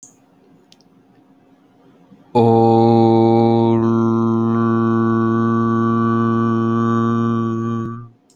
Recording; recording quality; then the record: sustained vowel as in boot; excellent, no background noise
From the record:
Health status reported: healthy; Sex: male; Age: 33 years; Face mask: not worn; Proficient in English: yes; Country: India